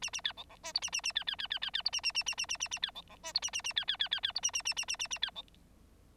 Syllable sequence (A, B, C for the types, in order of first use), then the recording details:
A A B C C D E A A A B B B B B B E A A A A A A A A B C C D E A A A B B B B B E A A A A A A A B C. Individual Bird9